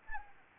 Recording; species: mosquito wingbeat signal from an infrared sensor; Anopheles arabiensis